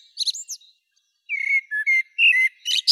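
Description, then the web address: Common blackbird: a few high squeaky notes, a brief pause, then clear whistled notes, some sliding, ending in high squeaky twittering. "Turdus merula"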